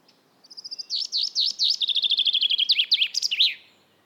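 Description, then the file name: Common chaffinch song: a single bright trill of repeated notes that speeds up and drops in pitch, ending in an emphatic twisting flourish. "Fringilla coelebs"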